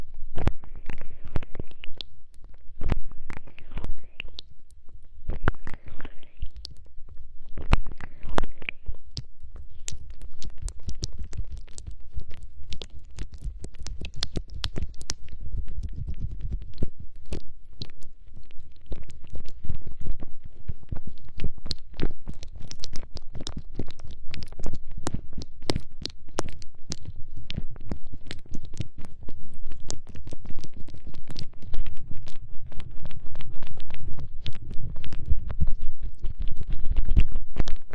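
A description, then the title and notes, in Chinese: Homemade aloe vera gel being massaged over the ears, a dense run of sticky, squishy clicks and smacks that never stops for the whole 38 seconds. A soft, muffled rumbling sits underneath, growing somewhat fuller toward the end. 自制芦荟胶，按摩你的耳朵。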